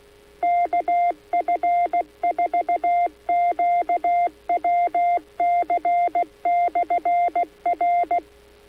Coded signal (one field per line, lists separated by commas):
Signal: Morse code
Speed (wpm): 16 wpm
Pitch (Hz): 700 Hz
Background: none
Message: KF4QWC/R